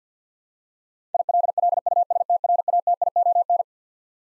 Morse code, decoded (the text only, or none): ILLUSTRATION